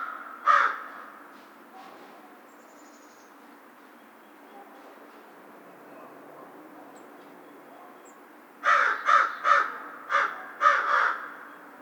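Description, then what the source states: American crow caws: one harsh call near the start, then after a quiet stretch a burst of six rapid hoarse caws near the end. Recorded 2010-03-02.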